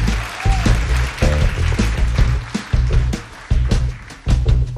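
A concert audience claps steadily, a dense hiss of hands, while deep, rhythmic bass notes from the band's bassist, just introduced, pulse underneath in short phrases, during a broadcast on Polish Radio Trójka (Program Trzeci Polskiego Radia).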